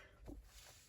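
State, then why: Not seated. A plastic sculpted hair piece is being pushed back onto the head of a 1/6 scale Pink Ninja Ranger action figure (Power Rangers Movie version). Only quiet handling and rubbing sounds are heard, with a soft low bump around 0.3 s. The hair piece has not seated or clicked into place yet.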